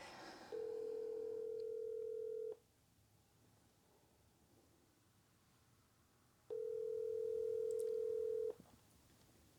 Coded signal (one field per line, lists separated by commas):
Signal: telephone call progress tone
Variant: North America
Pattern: ringback tone